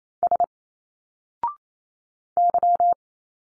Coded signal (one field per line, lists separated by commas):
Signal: Morse code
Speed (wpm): 28 wpm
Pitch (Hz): 700 Hz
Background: none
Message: S Y